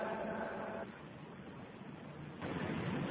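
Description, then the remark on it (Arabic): A steady wash of rain-like hiss fills the whole clip, dipping slightly in the middle before swelling back up toward the end, with no voices. “فرقكم المطر يعني، ها نقف، نقف عند هذا.”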